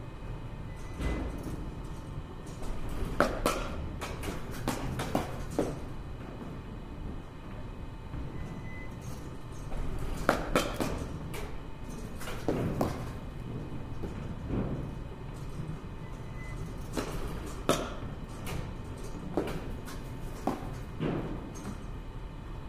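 Batting cage ambience with sharp cracks and thumps arriving in loose clusters every few seconds. A steady low rumble of machinery and a faint constant hum fill the background, with occasional brief tones and murmured voices.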